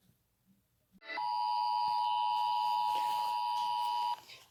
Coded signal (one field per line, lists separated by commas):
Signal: Emergency Alert System (SAME) tones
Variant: 853 and 960 Hz attention tone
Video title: EAS (DO NOT LOOK UP) intrrupts Touhou MMD